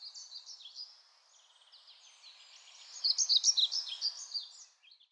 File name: GOBEMOUCHE NOIR